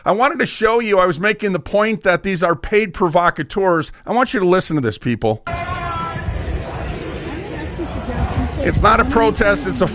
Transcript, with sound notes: I wanted to show you, I was making the point that these are paid provocateurs. I want you to listen to this, people. (protesters chanting) It's not a protest,